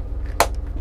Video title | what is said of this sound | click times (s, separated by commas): Tour the NEW 2023 Winnebago Ekko B+ / C-Class RV on the Ford AWD Chassis | there's this little snap on top that snaps into place to keep that | 0.4 s